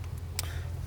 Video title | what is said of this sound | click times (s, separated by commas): HOW TO Install the NEW Fleece Performance Intake & Grid Heater Kit - 6.7L Dodge Cummins | Um, and then what that is going to allow me to do, push it till it clicks | 0.4 s